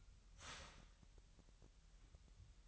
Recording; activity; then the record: daily activity, microphone in the room; start toaster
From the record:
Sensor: 3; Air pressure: 1002.0 hPa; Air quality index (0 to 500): 246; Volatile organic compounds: 50 ppm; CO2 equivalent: 3296 ppm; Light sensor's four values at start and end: 13/39/17/15 and 13/39/17/14